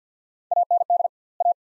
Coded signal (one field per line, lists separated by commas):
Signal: Morse code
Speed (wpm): 49 wpm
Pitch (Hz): 700 Hz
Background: none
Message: AND A